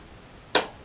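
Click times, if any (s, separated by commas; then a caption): 0.5 s. The cutter head lock on a Makita 2012NB/2 planer thicknesser is engaged by a hand in cut-resistant gloves during a blade change. After near silence, a single sharp, bright click sounds at 0.6 s and fades quickly. The lock has clicked into place and is seated.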